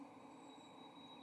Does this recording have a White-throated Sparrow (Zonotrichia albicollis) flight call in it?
no